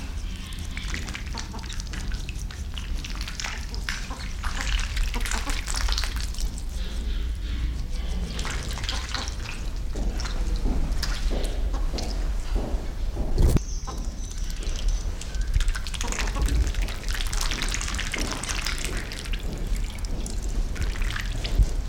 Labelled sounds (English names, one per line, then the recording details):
Ringed Teal call
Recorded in captivity
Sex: male
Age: adult
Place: Zoo Berlin, Berlin, DE
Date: 1993-01-01 12:06
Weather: sonnig, -6°C
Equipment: Marantz CP 430, Sennheiser ME 80, Kopie Uher Variocord 263
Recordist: Tembrock, Günter